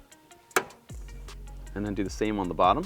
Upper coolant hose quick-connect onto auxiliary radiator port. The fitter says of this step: get it on and snap it on you're going to hear an audible click